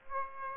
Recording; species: mosquito wingbeat signal from an infrared sensor; Aedes aegypti